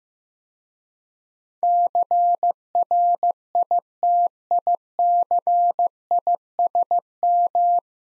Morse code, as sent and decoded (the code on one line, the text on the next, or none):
-.-. .-. .. - .. -.-. .. ... --
CRITICISM